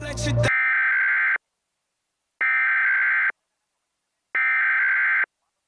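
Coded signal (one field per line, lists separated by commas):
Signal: Emergency Alert System (SAME) tones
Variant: header bursts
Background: speech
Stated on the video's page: Required Monthly Test originated from an AM station and relayed to all Iowa radio and TV stations.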